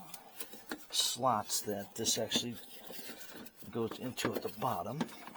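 The plastic engine air filter housing cover of a 2007–2012 Ford Escape is handled and positioned toward the two slots at the bottom of the engine air box while someone talks. A few short, sharp handling knocks come near the start, at about 0.1, 0.4 and 0.7 seconds. Nothing has seated or clicked yet.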